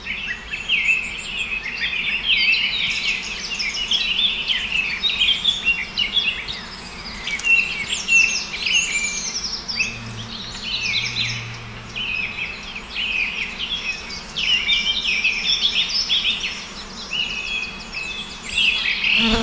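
A forest soundscape with a dense, continuous chorus of bright chirps and trills, many birds calling at once across the whole stretch. Underneath runs a steady low rumble, and a faint low hum drifts past around the middle, like a buzzing insect or engine.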